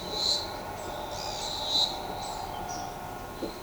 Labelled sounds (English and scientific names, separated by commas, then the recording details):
Pale-eyed Pygmy Tyrant (Atalotriccus pilaris), Groove-billed Ani (Crotophaga sulcirostris)
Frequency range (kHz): Pale-eyed Pygmy Tyrant (Atalotriccus pilaris) 2.2-10.1 kHz; Groove-billed Ani (Crotophaga sulcirostris) 2.8-8.2 kHz
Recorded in shrubland near Pivijay, Magdalena, Colombia, on 13 April 2023 at 13:00
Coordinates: 10.453, -74.365
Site P5-G022